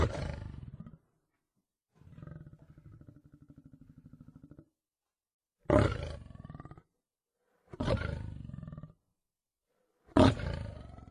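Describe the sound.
Lion roaring in heavy, rasping bursts, with a lower stretch of pulsing grunts before three more loud roars spaced about two seconds apart.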